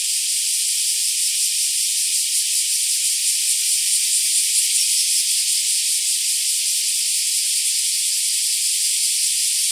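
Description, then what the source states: Black cicadas in a constant high, rasping, hissing drone. More than one black cicada.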